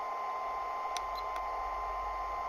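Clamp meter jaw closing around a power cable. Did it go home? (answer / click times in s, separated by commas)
yes / 1.0 s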